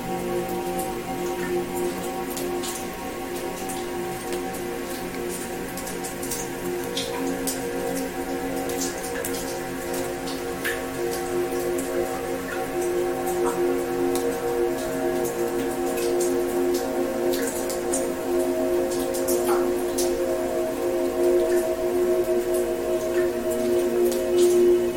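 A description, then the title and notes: Water droplets fall in quick, irregular taps and light crackles, scattered densely across the whole clip, with occasional brighter plinks standing out. Beneath them a steady, sustained musical drone holds several low-to-middle tones, swelling slightly louder toward the end. The Mysterious and Beautiful Sounds of Water Droplets Falling and Music.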